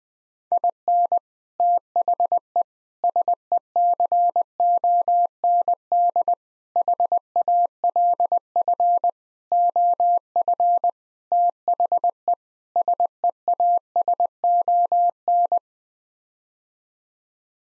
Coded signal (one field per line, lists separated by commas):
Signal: Morse code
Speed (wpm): 20 wpm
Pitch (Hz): 700 Hz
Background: none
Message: IN THE SECOND HALF OF THE SEASON